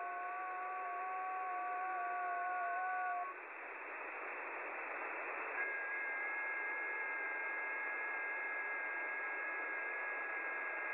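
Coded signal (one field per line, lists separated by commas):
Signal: FT8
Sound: several soft, steady, slightly warbling tones over hiss; they stop, then two new ones begin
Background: radio static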